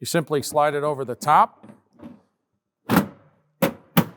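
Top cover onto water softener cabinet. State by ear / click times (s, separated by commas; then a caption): seated / 4.0 s. Someone talks, then the plastic cover of a Fleck 5600SXT cabinet-style water softener is slid down over the top of the unit, with a couple of knocks around 2.9 s and 3.6 s. The cover snaps into place with a single sharp thunk at 4.0 s, seating it and completing the installation.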